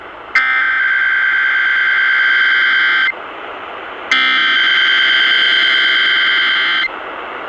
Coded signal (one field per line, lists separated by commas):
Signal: Emergency Alert System (SAME) tones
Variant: header bursts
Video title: SACRAMENTO AREA TESTS! Broadcast Radio EAS: Required Monthly Test (EAS #256)